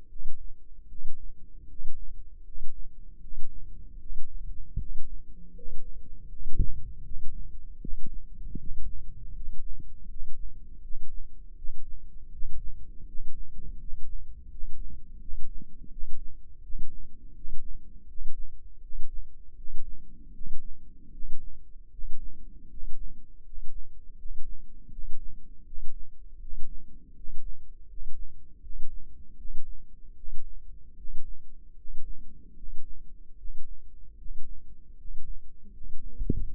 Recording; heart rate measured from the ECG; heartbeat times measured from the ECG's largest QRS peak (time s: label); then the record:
heart sounds by microphone in the left ear; 79 bpm
0.07 s: heartbeat
0.87 s: heartbeat
1.66 s: heartbeat
2.43 s: heartbeat
3.19 s: heartbeat
3.98 s: heartbeat
4.77 s: heartbeat
5.53 s: heartbeat
6.27 s: heartbeat
7.02 s: heartbeat
7.79 s: heartbeat
8.57 s: heartbeat
9.33 s: heartbeat
10.07 s: heartbeat
10.81 s: heartbeat
11.55 s: heartbeat
12.30 s: heartbeat
13.05 s: heartbeat
13.78 s: heartbeat
14.48 s: heartbeat
15.19 s: heartbeat
15.89 s: heartbeat
16.61 s: heartbeat
17.33 s: heartbeat
18.06 s: heartbeat
18.80 s: heartbeat
19.55 s: heartbeat
20.32 s: heartbeat
21.11 s: heartbeat
21.90 s: heartbeat
22.68 s: heartbeat
23.43 s: heartbeat
24.16 s: heartbeat
24.90 s: heartbeat
25.64 s: heartbeat
26.39 s: heartbeat
27.14 s: heartbeat
27.87 s: heartbeat
28.61 s: heartbeat
29.36 s: heartbeat
30.14 s: heartbeat
30.95 s: heartbeat
31.75 s: heartbeat
32.54 s: heartbeat
33.36 s: heartbeat
34.16 s: heartbeat
34.95 s: heartbeat
35.71 s: heartbeat
36.48 s: heartbeat
From the record:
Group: healthy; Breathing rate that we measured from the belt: 15 breaths a minute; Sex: male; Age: 35 years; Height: 180 cm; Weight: 86.9 kg